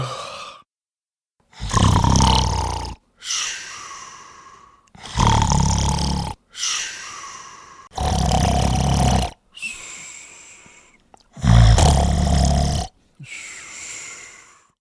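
Loud, rumbling snores on each in-breath alternate with softer, breathy out-breaths, about 18 breaths a minute in an uneven rhythm. This is acted human snoring, imitating someone falling asleep.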